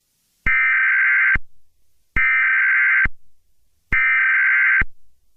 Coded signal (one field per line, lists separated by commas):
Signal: Emergency Alert System (SAME) tones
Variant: header bursts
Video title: EAS Scenario | Piglin Attack (#95)